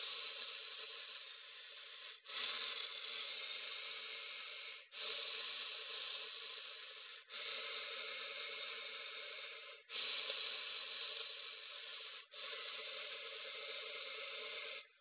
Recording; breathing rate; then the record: paced breathing near a phone; 12 breaths a minute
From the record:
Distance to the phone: 20 cm